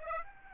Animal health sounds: mosquito wingbeat signal from an infrared sensor; Aedes aegypti

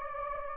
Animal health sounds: mosquito wingbeat signal from an infrared sensor; Anopheles gambiae

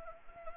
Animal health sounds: mosquito wingbeat signal from an infrared sensor; Anopheles arabiensis

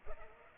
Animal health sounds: mosquito wingbeat signal from an infrared sensor; Culex pipiens

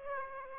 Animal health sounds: mosquito wingbeat signal from an infrared sensor; Aedes aegypti

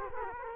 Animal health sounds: mosquito wingbeat signal from an infrared sensor; Culex quinquefasciatus

